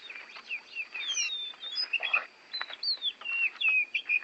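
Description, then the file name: Oriental magpie-robin whistling a stream of varied slurred notes against a noisy, hissy background. Borneo; recording made for training songbirds (masteran). "kacer borneo"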